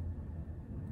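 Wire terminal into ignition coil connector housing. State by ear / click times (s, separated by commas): not seated / none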